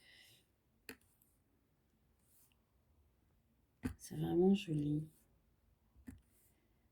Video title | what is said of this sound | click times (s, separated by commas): petit moment ensemble | entendez ce déclic qu'on voit ça colle bien | 0.9 s